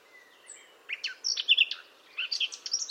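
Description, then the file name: Eurasian blackcap: short burst of warbled songbird notes, a few scratchy chirps and bright whistles in two quick groups over a low background hiss. "Sylvia atricapilla"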